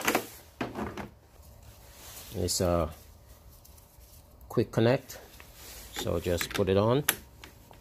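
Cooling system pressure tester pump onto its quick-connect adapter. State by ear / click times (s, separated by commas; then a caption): not seated / none. Someone talks while the hand pump of a cooling system pressure tester is handled and brought onto its quick-connect adapter on a Chevy Cobalt, with a few small handling knocks between the speech. Nothing has seated or clicked yet by the end of the clip.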